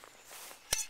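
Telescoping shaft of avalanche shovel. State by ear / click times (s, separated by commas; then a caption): seated / 0.7 s. The telescoping shaft of an avalanche shovel is pulled out to extend the handle, with a faint low rustle beforehand. A single sharp, bright click at 0.7 s marks the shaft locking into its extended position, confirming the handle is seated.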